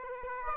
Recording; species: mosquito wingbeat signal from an infrared sensor; Aedes aegypti